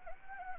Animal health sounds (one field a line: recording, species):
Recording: mosquito wingbeat signal from an infrared sensor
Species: Anopheles gambiae